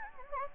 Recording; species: mosquito wingbeat signal from an infrared sensor; Anopheles gambiae